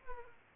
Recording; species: mosquito wingbeat signal from an infrared sensor; Aedes aegypti